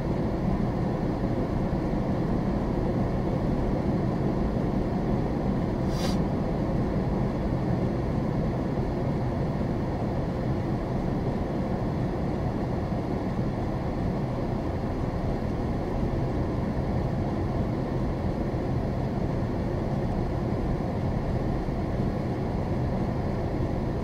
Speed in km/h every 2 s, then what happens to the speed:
37, 37, 37, 35, 32, 31, 31, 27, 31, 29, 27, 26.
0-24 slows to 26.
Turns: none.